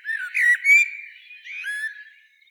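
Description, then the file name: Common blackbird singing a short fluty, warbled phrase of mellow whistles, a second softer phrase following after a brief pause. "Turdus merula"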